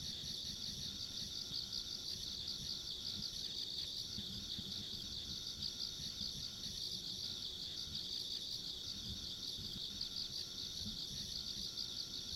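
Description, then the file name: Steady insect chorus: shrill, rapidly beating trills and a faint high whine, with intermittent quieter mid-pitched tones and low background rumble. Ambient insect sounds along a rural country road. "田舎道の虫の環境音"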